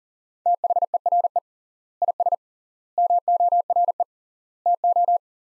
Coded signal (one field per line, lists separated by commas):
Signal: Morse code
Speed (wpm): 40 wpm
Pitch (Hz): 700 Hz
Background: none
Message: THERE IS MORE TO